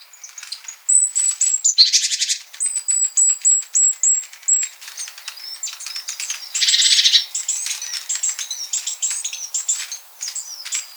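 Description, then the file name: Great tit calls: rapid high thin notes and clicks in runs, broken by two harsh buzzy churring bursts, with other high chirps overlapping throughout. "Parus major"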